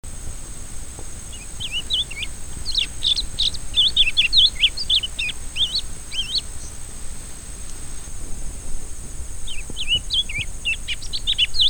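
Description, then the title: Rusty-collared seedeater song: a rapid jumble of bright whistled and twittering notes, high and varied, lasting several seconds, then a shorter burst near the end over steady background hiss. Repicador song style. "fibra_repicador. coleiro do brejo"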